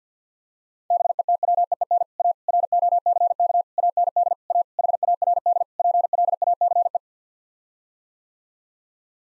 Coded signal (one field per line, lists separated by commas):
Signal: Morse code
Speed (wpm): 50 wpm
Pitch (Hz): 700 Hz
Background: none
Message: BETWEEN A ROCK AND A HARD PLACE